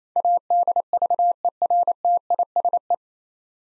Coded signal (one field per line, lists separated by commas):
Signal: Morse code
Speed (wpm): 27 wpm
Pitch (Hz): 700 Hz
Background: none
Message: ADVERTISE